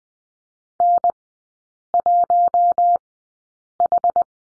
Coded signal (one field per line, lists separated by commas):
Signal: Morse code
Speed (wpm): 20 wpm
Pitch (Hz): 700 Hz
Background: none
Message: N1H